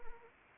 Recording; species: mosquito wingbeat signal from an infrared sensor; Anopheles arabiensis